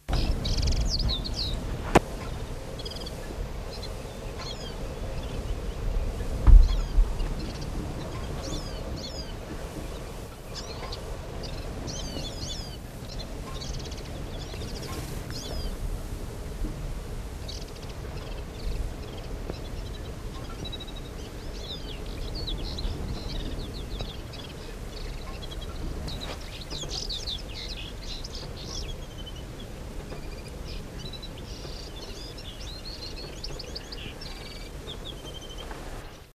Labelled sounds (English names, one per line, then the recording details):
Syrian Serin song
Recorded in the wild
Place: Hermon, IL
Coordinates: 33.2363, 35.6725
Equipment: Halbspur, 9,5 cm/s
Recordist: Lütgens, Hans
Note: Gesang